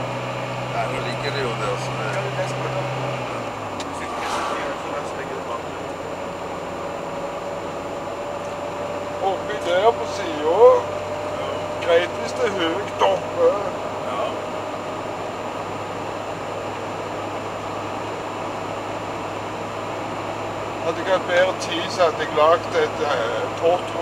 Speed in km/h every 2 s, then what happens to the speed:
63, 64, 64, 64, 66, 68, 69, 70, 72, 74, 74, 74.
0-24 speeds up to 74.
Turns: none.